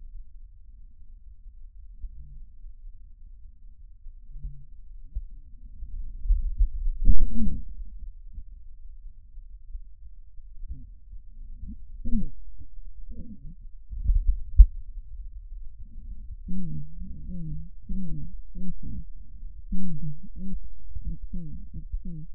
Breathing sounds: lung sounds by stethoscope; right posterior apical chest; quiet breathing, then cough and speech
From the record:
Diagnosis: interstitial lung disease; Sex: female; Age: 72 years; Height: 153 cm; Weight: 71 kg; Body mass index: 30.3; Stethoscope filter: bell mode

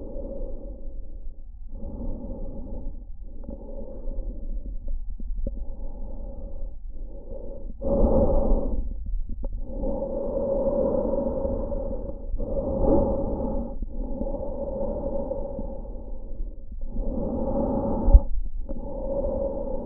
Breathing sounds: lung sounds by stethoscope; trachea; quiet breathing, then deep breathing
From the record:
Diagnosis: COPD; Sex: female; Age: 65 years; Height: 156 cm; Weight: 63.9 kg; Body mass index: 26.3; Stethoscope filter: diaphragm mode

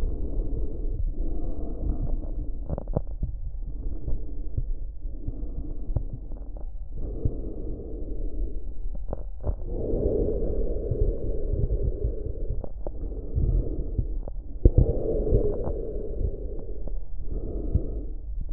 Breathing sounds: lung sounds by stethoscope; trachea; quiet breathing, then deep breathing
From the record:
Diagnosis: COPD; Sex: male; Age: 65 years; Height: 162 cm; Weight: 67.8 kg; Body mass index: 25.8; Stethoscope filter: extended mode

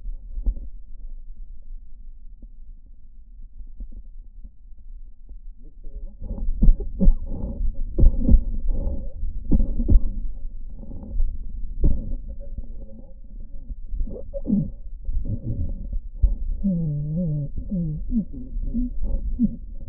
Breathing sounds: lung sounds by stethoscope; right posterior basal chest; quiet breathing, then cough and speech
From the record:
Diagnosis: interstitial lung disease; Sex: male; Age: 82 years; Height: 158 cm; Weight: 49 kg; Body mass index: 19.6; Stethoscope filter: diaphragm mode

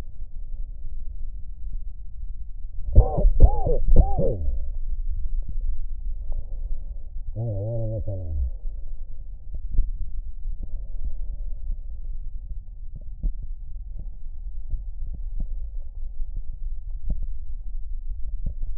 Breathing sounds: lung sounds by stethoscope; left anterior apical chest; quiet breathing, then cough and speech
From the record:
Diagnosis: COPD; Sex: male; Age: 60 years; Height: 171 cm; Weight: 59.4 kg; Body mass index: 20.3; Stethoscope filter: extended mode

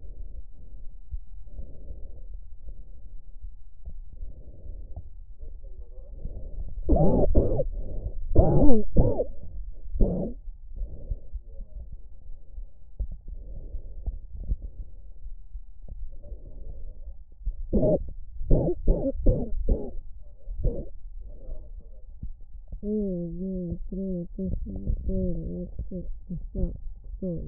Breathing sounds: lung sounds by stethoscope; left posterior apical chest; quiet breathing, then cough and speech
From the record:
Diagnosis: asthma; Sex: female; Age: 56 years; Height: 161 cm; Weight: 85 kg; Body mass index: 32.8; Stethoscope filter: extended mode

